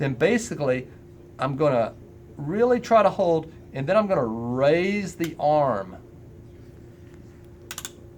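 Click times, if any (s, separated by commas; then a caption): 7.7 s, 7.8 s. Someone talks while holding the string gripper clutch of a Gamma X-Stringer drop weight racquet stringer with the left hand, then raises the drop weight arm. After a quiet stretch, the clutch clicks at 7.7, 7.8 and 7.9 s as it locks on the racquet string at the set tension.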